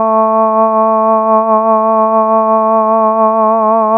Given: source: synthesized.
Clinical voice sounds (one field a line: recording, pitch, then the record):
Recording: sustained vowel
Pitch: 220 Hz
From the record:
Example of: essential tremor, adjusted